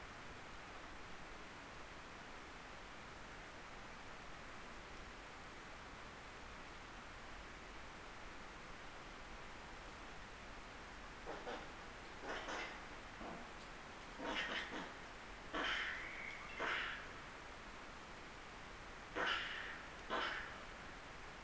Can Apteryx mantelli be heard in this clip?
no